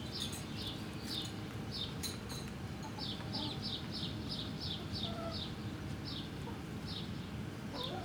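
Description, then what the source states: Chicken chicks peeping, high short notes in quick irregular runs, with a few faint lower notes and background hum. Hens and chicks in a henhouse in the Atelier 34zero museum garden, Jette, Brussels, Belgium; recorded with DPA 4060 microphones in AB position to a Zoom F3.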